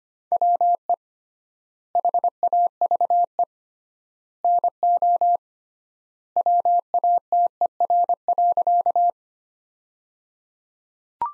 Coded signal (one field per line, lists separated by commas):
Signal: Morse code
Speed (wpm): 25 wpm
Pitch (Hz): 700 Hz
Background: none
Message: WE HAVE NO WATER.